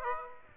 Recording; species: mosquito wingbeat signal from an infrared sensor; Aedes aegypti